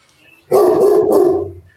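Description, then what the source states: Dog giving a single loud, deep, drawn-out bark lasting about a second. Domestic dog, half black lab and half mastiff, barking; said to sound like a massive dog.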